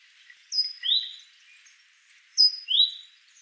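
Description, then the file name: Great tit two-note phrases, a high thin whistle followed by a lower rising slurred note, given twice. "Parus major"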